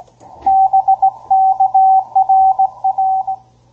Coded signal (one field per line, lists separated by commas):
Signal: Morse code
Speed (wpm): 17 wpm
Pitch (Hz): 770 Hz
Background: radio noise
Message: BK RR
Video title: Ten-Tec Argonaut 515, CW QSO (CC)